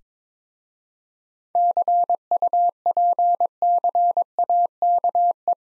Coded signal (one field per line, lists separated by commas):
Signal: Morse code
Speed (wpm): 22 wpm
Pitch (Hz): 700 Hz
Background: none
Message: CUPCAKE